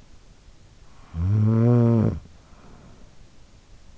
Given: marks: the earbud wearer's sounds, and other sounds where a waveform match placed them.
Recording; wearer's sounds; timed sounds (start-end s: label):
sounds in sleep by an in-ear microphone; snoring breath
0.60-3.67 s: snoring breath